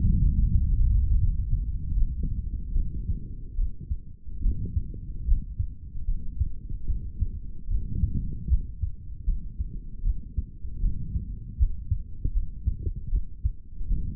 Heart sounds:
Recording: heart sounds by stethoscope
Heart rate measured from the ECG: 76 bpm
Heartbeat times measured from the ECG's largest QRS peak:
0.44 s: heartbeat
1.18 s: heartbeat
1.94 s: heartbeat
2.73 s: heartbeat
3.55 s: heartbeat
4.41 s: heartbeat
5.25 s: heartbeat
6.05 s: heartbeat
6.86 s: heartbeat
7.68 s: heartbeat
8.48 s: heartbeat
9.25 s: heartbeat
10.02 s: heartbeat
10.80 s: heartbeat
11.57 s: heartbeat
12.32 s: heartbeat
13.10 s: heartbeat
13.88 s: heartbeat
From the record:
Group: healthy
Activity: rest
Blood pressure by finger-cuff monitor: 112/76 mmHg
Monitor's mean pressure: 86 mmHg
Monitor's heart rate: 77 bpm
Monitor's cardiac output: 3.5 L/min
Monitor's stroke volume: 47 mL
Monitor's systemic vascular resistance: 1830 dyn s/cm5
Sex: male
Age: 55 years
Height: 167 cm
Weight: 57.2 kg

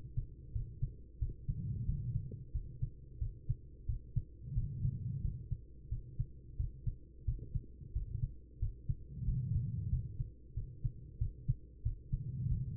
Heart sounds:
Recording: heart sounds by stethoscope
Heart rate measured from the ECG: 90 bpm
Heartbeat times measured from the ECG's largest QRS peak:
0.52 s: heartbeat
1.18 s: heartbeat
1.85 s: heartbeat
2.51 s: heartbeat
3.18 s: heartbeat
3.86 s: heartbeat
4.54 s: heartbeat
5.21 s: heartbeat
5.88 s: heartbeat
6.56 s: heartbeat
7.24 s: heartbeat
7.92 s: heartbeat
8.59 s: heartbeat
9.24 s: heartbeat
9.89 s: heartbeat
10.54 s: heartbeat
11.18 s: heartbeat
11.82 s: heartbeat
12.48 s: heartbeat
From the record:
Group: healthy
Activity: rest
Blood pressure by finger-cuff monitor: 108/69 mmHg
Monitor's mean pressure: 83 mmHg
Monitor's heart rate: 90 bpm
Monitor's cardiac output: 6.3 L/min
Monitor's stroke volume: 70 mL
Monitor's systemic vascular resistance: 960 dyn s/cm5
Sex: female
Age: 43 years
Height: 160 cm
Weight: 90 kg

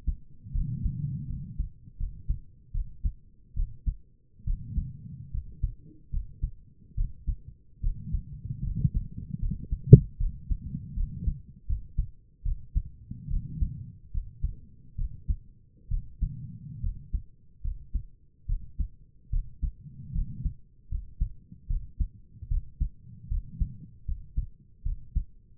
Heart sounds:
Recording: heart sounds by stethoscope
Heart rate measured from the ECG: 74 bpm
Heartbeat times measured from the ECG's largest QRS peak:
0.54 s: heartbeat
1.28 s: heartbeat
1.98 s: heartbeat
2.73 s: heartbeat
3.56 s: heartbeat
4.46 s: heartbeat
5.32 s: heartbeat
6.12 s: heartbeat
6.96 s: heartbeat
7.82 s: heartbeat
8.65 s: heartbeat
9.41 s: heartbeat
10.19 s: heartbeat
10.96 s: heartbeat
11.67 s: heartbeat
12.44 s: heartbeat
13.29 s: heartbeat
14.13 s: heartbeat
14.97 s: heartbeat
15.90 s: heartbeat
16.82 s: heartbeat
17.63 s: heartbeat
18.48 s: heartbeat
19.31 s: heartbeat
20.14 s: heartbeat
20.90 s: heartbeat
21.68 s: heartbeat
22.49 s: heartbeat
23.30 s: heartbeat
24.07 s: heartbeat
24.84 s: heartbeat
From the record:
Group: healthy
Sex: female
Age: 22 years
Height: 163 cm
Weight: 67.1 kg

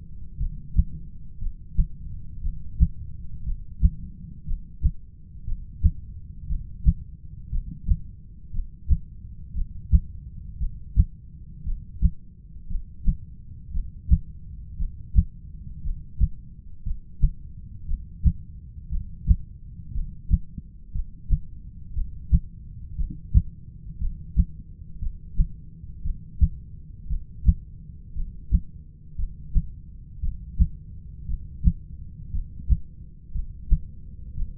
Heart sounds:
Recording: heart sounds by stethoscope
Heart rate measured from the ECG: 58 bpm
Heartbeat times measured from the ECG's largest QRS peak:
0.38 s: heartbeat
1.39 s: heartbeat
2.41 s: heartbeat
3.44 s: heartbeat
4.45 s: heartbeat
5.45 s: heartbeat
6.47 s: heartbeat
7.50 s: heartbeat
8.52 s: heartbeat
9.54 s: heartbeat
10.58 s: heartbeat
11.64 s: heartbeat
12.68 s: heartbeat
13.72 s: heartbeat
14.77 s: heartbeat
15.82 s: heartbeat
16.84 s: heartbeat
17.86 s: heartbeat
18.89 s: heartbeat
19.92 s: heartbeat
20.92 s: heartbeat
21.93 s: heartbeat
22.96 s: heartbeat
23.99 s: heartbeat
25.00 s: heartbeat
26.02 s: heartbeat
27.08 s: heartbeat
28.14 s: heartbeat
29.16 s: heartbeat
30.20 s: heartbeat
31.26 s: heartbeat
32.31 s: heartbeat
33.32 s: heartbeat
34.35 s: heartbeat
From the record:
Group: heart failure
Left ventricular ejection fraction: 25%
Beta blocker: metoprolol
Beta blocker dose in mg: 62.5 twice daily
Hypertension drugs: ramipril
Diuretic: furosemide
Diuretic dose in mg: 40 twice daily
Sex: male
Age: 57 years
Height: 180 cm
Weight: 90.5 kg

